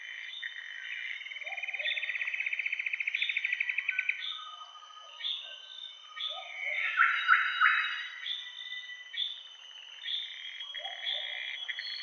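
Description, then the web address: Common paradise kingfisher giving a rapid, steady series of notes for over two seconds, among other harsh calls and short notes, with a constant high hum throughout. "ULM-DS-Lab indonesian-bird-sounds. Tanysiptera galatea"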